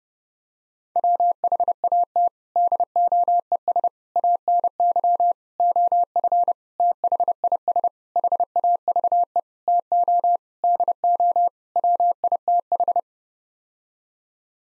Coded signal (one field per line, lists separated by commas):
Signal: Morse code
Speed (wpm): 30 wpm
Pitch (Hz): 700 Hz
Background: none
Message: WHAT DOES ANY OF THIS HAVE TO DO WITH